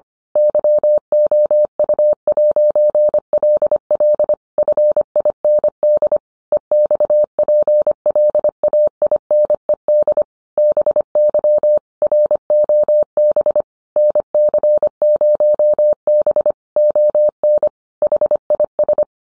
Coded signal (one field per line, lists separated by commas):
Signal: Morse code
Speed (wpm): 25 wpm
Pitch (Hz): 600 Hz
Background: none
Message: YOU'LL FIND EXPLAINED BY ROB NC0B ON HIS